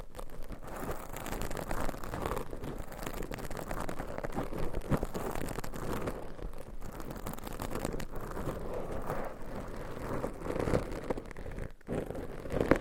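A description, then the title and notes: Continuous scratching and tapping against a microphone, dense and busy, with quick irregular strokes and rubbing that swell and ease throughout. Brief near-silent gaps come around six and again just before twelve seconds, and there is a low, muffled handling rumble underneath. ASMR Scratching , Tapping & Massage with DIFFERENT Mics , Items & Nails No Talking.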